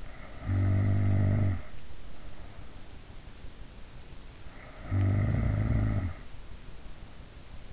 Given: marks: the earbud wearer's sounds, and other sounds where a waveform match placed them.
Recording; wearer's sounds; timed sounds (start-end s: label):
sounds in sleep by an in-ear microphone; snoring breath
0.00-1.77 s: snoring breath
4.34-6.28 s: snoring breath